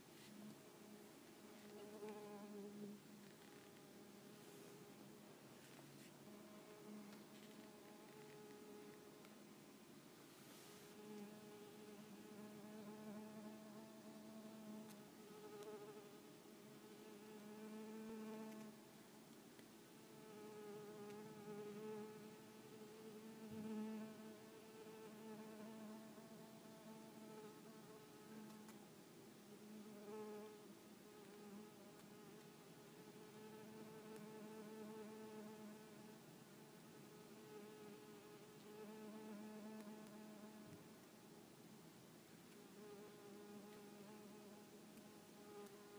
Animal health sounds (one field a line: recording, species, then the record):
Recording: mosquito flight sound by mobile phone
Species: Culiseta incidens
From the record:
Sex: female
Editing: snipped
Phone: iPhone 4S